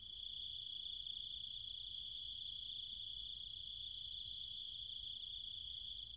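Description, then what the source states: Cicadas and insects produce a constant piercing buzz together with a regular, rapid high-pitched pulsing, steady throughout with no other sounds. Cicadas with other insects, calling at night in trees and fields in countryside around Chiang Mai, Thailand.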